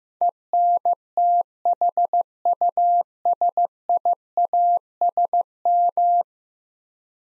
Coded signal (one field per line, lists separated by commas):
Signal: Morse code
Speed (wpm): 16 wpm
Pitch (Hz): 700 Hz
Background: none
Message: ENTHUSIASM